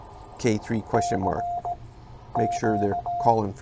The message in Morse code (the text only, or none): C Q